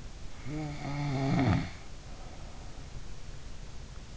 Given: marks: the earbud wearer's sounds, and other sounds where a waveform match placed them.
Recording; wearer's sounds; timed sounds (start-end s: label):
sounds in sleep by an in-ear microphone; snoring breath
0.44-3.10 s: snoring breath